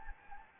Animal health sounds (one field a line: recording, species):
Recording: mosquito wingbeat signal from an infrared sensor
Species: Anopheles gambiae